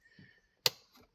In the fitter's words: You can hear the click.